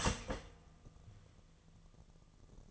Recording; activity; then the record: daily activity, microphone in the room; start toaster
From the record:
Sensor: 4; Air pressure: 1001.1 hPa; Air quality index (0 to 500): 156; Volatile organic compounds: 2 ppm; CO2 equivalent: 1143 ppm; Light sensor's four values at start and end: 18/42/18/19 and 21/48/20/21